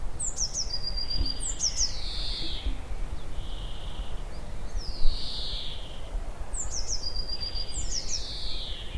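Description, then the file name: Eurasian nuthatch calls: pairs of high sharp notes followed by downward-sliding whistles, repeated several times, with persistent low-frequency noise underneath. "Sitta europaea"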